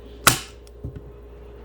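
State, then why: Seated. A SO-DIMM memory module, slid into an Asus laptop's memory slot at an angle, is pushed down until the retaining clips snap over it. A sharp, bright snap at 0.3 s is followed by a faint tick near 0.7 s and a couple of soft low thumps around 0.8–1.0 s. The module is seated in the slot.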